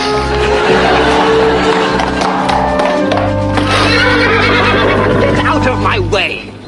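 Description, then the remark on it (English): A horse whinnies in a shrill, wavering call that rises and falls in pitch, heard over a steady, dense background of low tones and clatter. “You'll be needing someone to tend your horse, then.”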